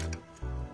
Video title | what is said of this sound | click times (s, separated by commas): SLOT 5 Pemasangan Sistem Komputer | and it's locked into place your four pin power connector again your clip | 0.1 s